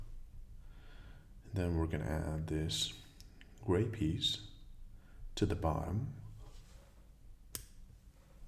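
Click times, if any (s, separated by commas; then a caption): 7.5 s. Someone talks while pressing a small gray plastic LEGO brick onto the bottom of a brick assembly. One sharp click sounds at 7.6 s as the brick seats in place.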